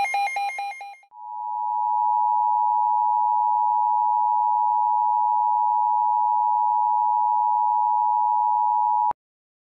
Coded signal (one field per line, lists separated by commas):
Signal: Emergency Alert System (SAME) tones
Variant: 853 and 960 Hz attention tone